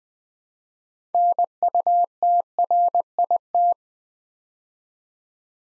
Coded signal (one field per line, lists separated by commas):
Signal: Morse code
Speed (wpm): 20 wpm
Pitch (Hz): 700 Hz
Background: none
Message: NUTRIT